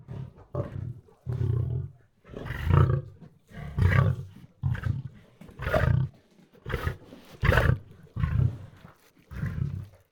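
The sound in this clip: Lion sniffing, many low, breathy bursts repeated with short pauses.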